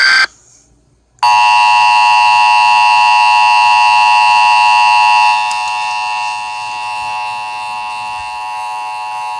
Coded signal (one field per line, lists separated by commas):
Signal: Emergency Alert System (SAME) tones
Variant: 853 and 960 Hz attention tone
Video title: Fire-Tor: An EAS Scenario - Inspired By ElectricFanatic's Meteor-X Scenario